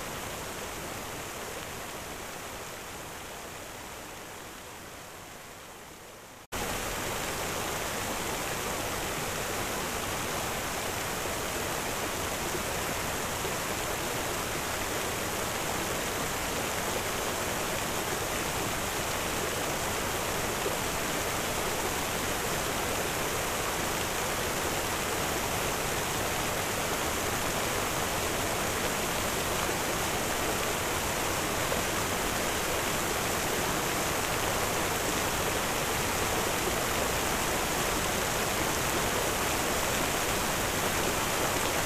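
A water fountain splashes in a dense, steady rush of falling water. For the first six seconds or so it is softer and muffled, fading slightly, then it jumps abruptly louder and brighter and holds that hissing splash unchanged to the end.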